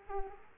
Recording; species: mosquito wingbeat signal from an infrared sensor; Aedes aegypti